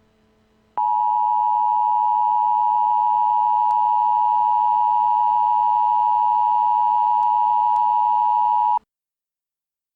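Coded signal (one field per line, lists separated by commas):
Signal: Emergency Alert System (SAME) tones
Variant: 853 and 960 Hz attention tone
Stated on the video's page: Fictional fan-made EAS scenario, a remake of an earlier scenario, not a real alert.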